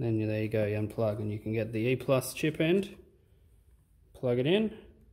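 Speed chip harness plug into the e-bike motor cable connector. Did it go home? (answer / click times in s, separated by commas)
no / none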